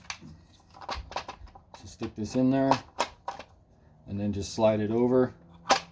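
A new fuel filter element for a 2017–2022 Ford 6.7L diesel is handled and slid over toward its plastic filter housing or cap while someone talks, with short handling taps and knocks throughout. Nothing has seated or clicked yet.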